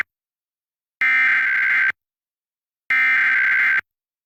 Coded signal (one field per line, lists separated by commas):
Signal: Emergency Alert System (SAME) tones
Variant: header bursts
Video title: [SAFE] Child Abduction Emergency on WMCN-TV [EAS #1,419]